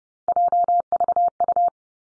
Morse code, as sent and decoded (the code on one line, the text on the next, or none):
.--- ...- ..-
JVU